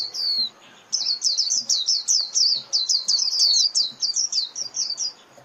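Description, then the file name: White-eye calls: a near-continuous stream of high, thin slurred chirps after a brief opening note and short gap. Lure call (mồi) used for trapping white-eyes. "Tieng khuyen moi"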